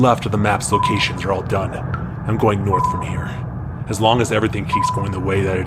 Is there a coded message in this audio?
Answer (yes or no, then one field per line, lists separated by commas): no